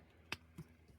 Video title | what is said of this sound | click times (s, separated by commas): NECA Universal Monsters The Mummy Ultimate Ardath Bey Action Figure Review | pops right off great | 0.3 s